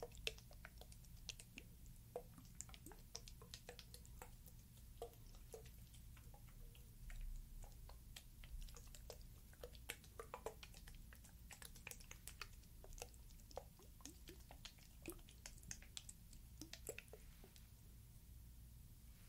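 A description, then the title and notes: Liquid is shaken inside a small dropper bottle, making a dense, irregular rattle of sharp little splashes and clicks that runs for the whole stretch without pause. A steady low hum sits underneath. LIQUID SOUNDS, SPRAY SOUNDS, LIQUID SHAKING and DROPPER BOTTLE.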